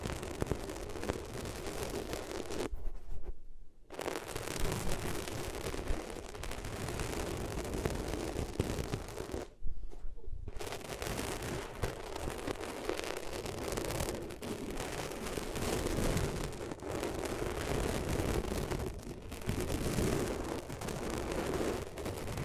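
Something is being rubbed against the ears, a dense, scratchy rustling that fills the whole range from low rumble to bright hiss. The texture shifts in grain as it goes, with two brief pauses in the upper hiss, near 3 and 10 seconds.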